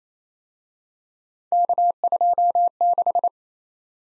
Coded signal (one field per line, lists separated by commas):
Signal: Morse code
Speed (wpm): 32 wpm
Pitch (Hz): 700 Hz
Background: none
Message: K26